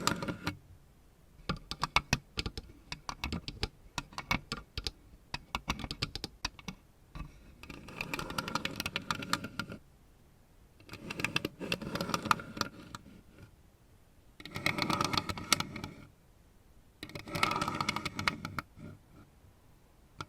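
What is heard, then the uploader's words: Crisp tapping with nails rattles quickly through the first half, then gives way to bursts of dense scratching roughly every two to three seconds. ASMR Scratching , Tapping & Massage with DIFFERENT Mics , Items & Nails No Talking.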